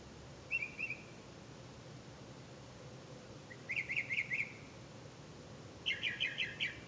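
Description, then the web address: Bird calls: a brief twitter, then a run of four quick chirps, then a harsher burst of rapid notes. "misc bird"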